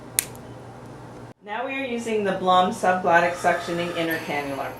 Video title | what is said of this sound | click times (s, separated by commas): Servo300 Ventilator with Blom Tracheostomy Tube | insertion of the subglottic suctioning canula you will now hear an audible click indicating the canula is now secure to the Blum outer canula | 0.2 s